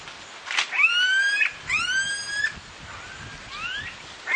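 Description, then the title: Smooth-billed ani calls: several rising, whining whistled notes with overtones in two bursts, followed by softer upslurred notes. "LuckyPassaro Completos2Sama. Smooth-billed Ani (Crotophaga ani)"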